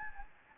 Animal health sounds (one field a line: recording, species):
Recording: mosquito wingbeat signal from an infrared sensor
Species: Anopheles gambiae